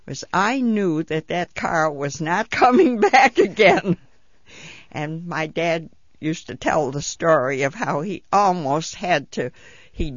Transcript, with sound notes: because I knew that that car was not coming back again. (she laughs) And my dad used to tell the story of how he almost had to, he.